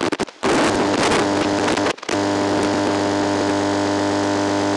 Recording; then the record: brain microelectrode recording played as sound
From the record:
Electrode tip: outside the subthalamic nucleus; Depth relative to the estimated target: -6 mm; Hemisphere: left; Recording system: NeuroSet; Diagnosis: Parkinson's disease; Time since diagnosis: 9 years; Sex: male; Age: 61 years